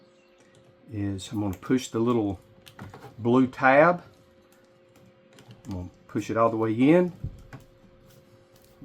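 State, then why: Seated. A small blue plastic locking tab is pushed all the way into an RV multi-function sink drain and knob assembly during reassembly while someone talks. Faint handling taps come between the phrases, and a sharp click at 7.5 s marks the tab locking into place.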